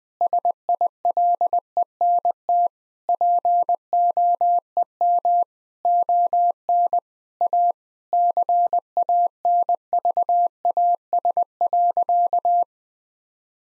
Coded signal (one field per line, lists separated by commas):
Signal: Morse code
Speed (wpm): 20 wpm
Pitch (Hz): 700 Hz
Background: none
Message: SILENT POEM ON A CANVAS.